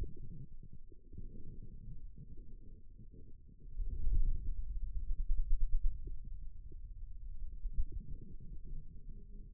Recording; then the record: forearm muscle sounds (acoustic myography)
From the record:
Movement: ulnar deviation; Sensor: system 2, bracelet of six BSWA MPA416 microphones around the upper forearm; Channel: 4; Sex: male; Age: 22 years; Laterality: right